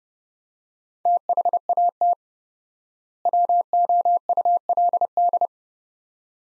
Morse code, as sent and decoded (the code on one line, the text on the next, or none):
- .... .- - / .-- --- ..- .-.. -..
THAT WOULD